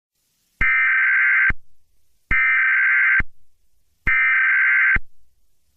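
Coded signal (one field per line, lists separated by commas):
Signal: Emergency Alert System (SAME) tones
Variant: header bursts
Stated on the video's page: Fictional Emergency Alert System scenario set in Wyoming, part of a simulated series.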